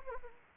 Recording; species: mosquito wingbeat signal from an infrared sensor; Anopheles arabiensis